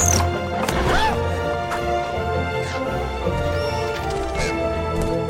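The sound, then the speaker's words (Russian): A swallow smacks into a window shutter and falls, a few sharp thumping knocks and a crash that cut through a busy, sustained musical backdrop. “Ласточка, ударившись о створку окна, падает.”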